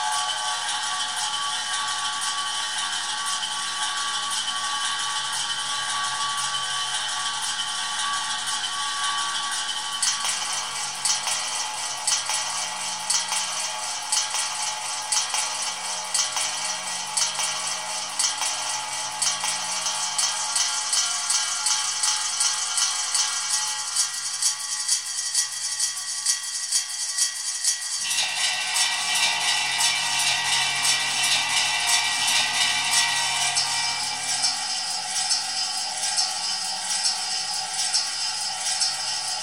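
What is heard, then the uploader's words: Ice cubes in a glass rattle and clink in a dense, bright, continuous jangle that shifts in texture around ten and twenty-eight seconds. Enhanced recorded sounds of ice cubes in a glass, edited with Audacity.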